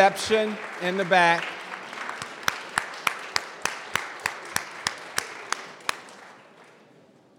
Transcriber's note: applause